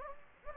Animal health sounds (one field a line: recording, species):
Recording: mosquito wingbeat signal from an infrared sensor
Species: Anopheles gambiae